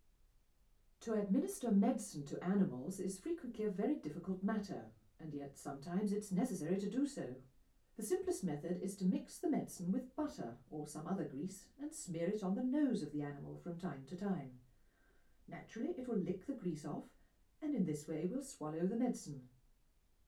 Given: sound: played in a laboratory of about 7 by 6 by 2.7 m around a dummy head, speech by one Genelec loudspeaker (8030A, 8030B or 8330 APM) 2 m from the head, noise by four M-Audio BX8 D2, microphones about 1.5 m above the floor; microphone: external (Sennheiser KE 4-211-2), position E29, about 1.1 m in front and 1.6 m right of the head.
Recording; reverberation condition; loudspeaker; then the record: female speech in English; low; 120 degrees to the right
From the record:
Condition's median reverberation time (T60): about 310 ms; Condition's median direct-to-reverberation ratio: about 3.5 dB